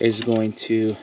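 Someone talks while handling the small gray plastic safety lock on a sensor connector during a Banks Ram-Air intake installation on a 2019-2024 Dodge Ram 2500 with the 6.7L Cummins. The lock is about to be pushed into place, but nothing has seated or clicked yet.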